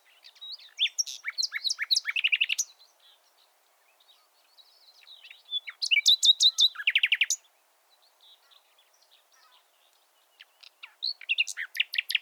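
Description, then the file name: Common nightingale singing three separate phrases of rapid, clicking and chirping repeated notes, separated by short silences. "Luscinia megarhynchos"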